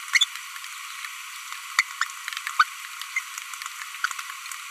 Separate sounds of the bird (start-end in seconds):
1.79-1.81, 2.01-2.03, 2.59-2.63, 3.16-3.19